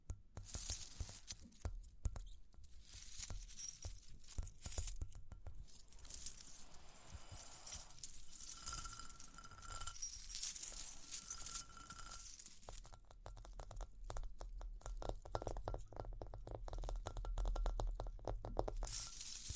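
Tapping, scratching and ear-cleaning sounds mixed with light jingling run throughout, a dense stream of quick clicks, rustles and bright metallic clinks. Around 8 to 12 seconds the scratching eases and two short ringing tones appear, then the busy clicking returns.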